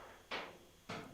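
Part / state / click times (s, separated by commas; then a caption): windscreen washer jet into bonnet panel / not seated / none. A windscreen washer jet nozzle is handled at its hole in the bonnet panel of a Charade. Two short broadband handling noises sound at about 0.3 s and 0.9 s over a low background hiss. The jet has not popped into place or clicked home yet.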